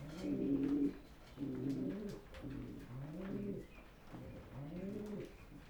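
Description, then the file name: Pigeon cooing, several low, hollow, arched coos in a steady series. "holub"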